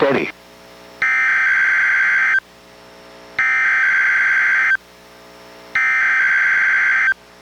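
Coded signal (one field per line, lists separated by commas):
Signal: Emergency Alert System (SAME) tones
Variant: header bursts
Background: speech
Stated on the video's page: NWR Required Weekly Test issued by NWS and relayed by a NOAA Weather Radio station, recorded from a weather radio receiver into an audio recorder.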